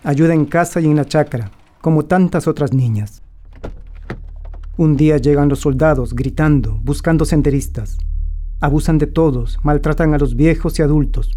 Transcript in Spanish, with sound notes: Ayuda en casa y en la chacra, como tantas otras niñas. Un día llegan los soldados gritando, buscando senderistas. [Sonido de vibración grave] Abusan de todos. Maltratan a los viejos y adultos.